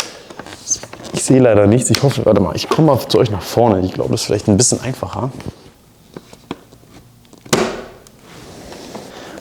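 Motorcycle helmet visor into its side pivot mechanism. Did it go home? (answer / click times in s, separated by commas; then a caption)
yes / 7.5 s. Someone talks while refitting the visor of a Just1 J-PGR Solid Carbon matt motorcycle helmet into its side pivot mount, with a few small handling clicks. After hooking it at a catch point, the visor snaps in with a loud click at 7.5 seconds and is seated.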